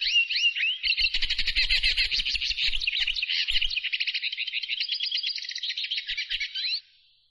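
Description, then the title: Songbird singing a long rapid chattering warble of buzzy trills and twitters, running unbroken for nearly seven seconds before stopping, with some low knocking sounds. "LuckyPassaros CompletosSama"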